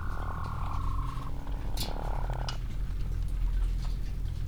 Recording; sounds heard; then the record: poultry house recording; sick chickens (respiratory disease)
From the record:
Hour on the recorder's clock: 15